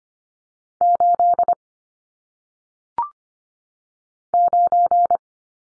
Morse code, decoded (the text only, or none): 8 9